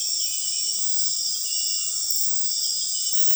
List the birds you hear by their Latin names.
none